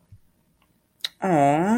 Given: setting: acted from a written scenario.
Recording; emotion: vocal sound without words; sympathy